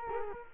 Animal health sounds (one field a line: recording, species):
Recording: mosquito wingbeat signal from an infrared sensor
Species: Culex quinquefasciatus